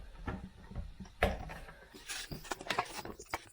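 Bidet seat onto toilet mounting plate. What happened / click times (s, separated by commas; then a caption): The plastic seat snapped onto its mount with one soft click but may not be fully locked / 1.2 s. A Costco Moen 5-Series bidet toilet seat is pushed onto its plastic mounting plate on the toilet, giving a soft click at 1.2 s, followed by a few quieter knocks and rattles. The seat is only partly attached: it was not properly locked until the seat release button was used and it was pushed on hard.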